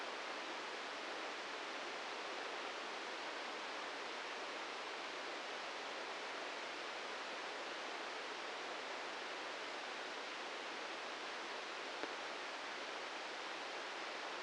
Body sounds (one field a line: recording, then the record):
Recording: brain microelectrode recording played as sound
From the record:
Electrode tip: inside the subthalamic nucleus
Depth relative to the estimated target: 1 mm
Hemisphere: right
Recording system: NeuroSet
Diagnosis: Parkinson's disease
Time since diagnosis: 13 years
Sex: male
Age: 63 years